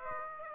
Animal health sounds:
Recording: mosquito wingbeat signal from an infrared sensor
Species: Aedes aegypti

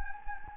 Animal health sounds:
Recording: mosquito wingbeat signal from an infrared sensor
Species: Anopheles gambiae

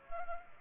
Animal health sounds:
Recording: mosquito wingbeat signal from an infrared sensor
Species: Culex pipiens

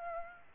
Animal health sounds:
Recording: mosquito wingbeat signal from an infrared sensor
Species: Aedes aegypti

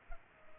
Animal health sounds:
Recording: mosquito wingbeat signal from an infrared sensor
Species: Culex pipiens

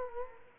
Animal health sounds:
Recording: mosquito wingbeat signal from an infrared sensor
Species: Culex quinquefasciatus

